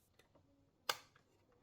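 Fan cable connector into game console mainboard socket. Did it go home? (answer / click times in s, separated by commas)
yes / 0.9 s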